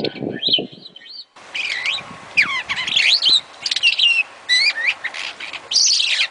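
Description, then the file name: Starling song of mixed chirps and twangy upslurred whistles, with an abrupt change in background near the start. "suara-kicauan-jalak-afrika omkicau"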